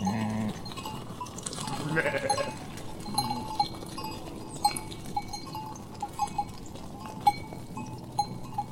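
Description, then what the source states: Sheep bleat: a short low baa at the start, another faint one near two seconds, with bells clinking irregularly throughout as the animals move. Sheep wearing bells, walking past, bleating.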